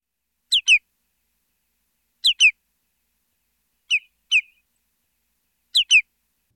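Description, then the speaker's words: Lesser Yellowlegs calling: four crisp, high two-note calls, each quick and clipped, with silence between. Feeds farther out on mudflats where the water deepens; two-noted call similar to greater yellowlegs' call. "They have similar calls. Compare the two-noted call of the lesser yellowlegs."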